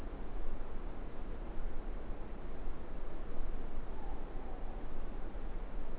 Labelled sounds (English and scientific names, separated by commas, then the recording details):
Morepork (Ninox novaeseelandiae) more-pork call
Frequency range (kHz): Morepork (Ninox novaeseelandiae) 0.7-0.9 kHz
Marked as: faintness 4/5
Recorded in New Zealand
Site Eglinton